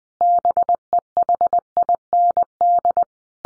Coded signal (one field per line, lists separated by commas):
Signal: Morse code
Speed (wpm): 20 wpm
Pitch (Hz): 700 Hz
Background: none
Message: BEHIND